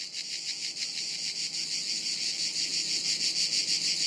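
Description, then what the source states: Cicada chorus, a shrill rasping buzz with rapid regular pulses, swelling slightly in loudness toward the end. Chorus high in trees in woods near Sirolo, Italy; hot afternoon, August 23.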